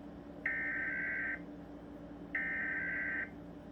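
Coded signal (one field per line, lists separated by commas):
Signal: Emergency Alert System (SAME) tones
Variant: header bursts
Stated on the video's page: Fake nuclear attack EAS scenario using valid SAME tones; made-up, not a real alert.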